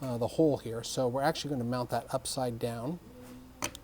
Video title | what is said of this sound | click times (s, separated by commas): Getting Started Part 02: Installing High Torque Servo Motors | and just pop it in just like that and so we rotate it around a little bit and just kind of pops into place and it will sit there | 3.6 s, 3.8 s